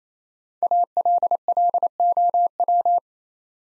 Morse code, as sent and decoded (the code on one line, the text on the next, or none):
.- .-.. .-.. --- .--
ALLOW